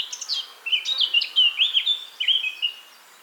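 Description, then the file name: Eurasian blackcap song: a brief lively warble that runs into clear, fluty slurred notes. "Sylvia atricapilla"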